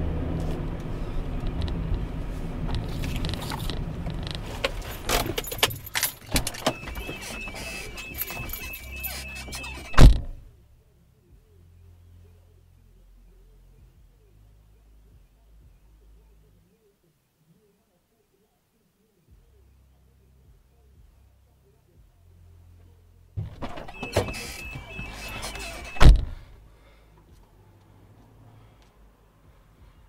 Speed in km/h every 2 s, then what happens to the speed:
29, 18, 0, 0, 0, 0, 0, 0, 0, 0, 0, 0, 0, 0, 0.
0-3 brakes to 0. 3-30 standing.